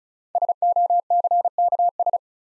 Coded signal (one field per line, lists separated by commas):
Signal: Morse code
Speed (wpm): 36 wpm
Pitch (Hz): 700 Hz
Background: none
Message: SOCKS